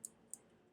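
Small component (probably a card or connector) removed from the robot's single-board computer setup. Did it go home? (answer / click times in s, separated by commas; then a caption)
released / 0.1 s, 0.3 s. A small part, probably a card or connector, is taken out of its holder in a robot's single-board computer setup while the robot's electronics are being taken apart. Two short, sharp, high-pitched clicks sound at 0.1 s and 0.3 s over a faint background hum. The part clicks out and is released from its holder.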